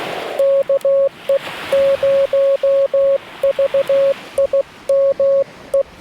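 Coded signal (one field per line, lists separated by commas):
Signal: Morse code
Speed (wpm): 16 wpm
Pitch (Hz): 550 Hz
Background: none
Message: KE0VIM E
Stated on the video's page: CW POTA park activation on a Yaesu FT-891 at 25 watts, with US Morse paddles and a 17-ft whip on a tripod.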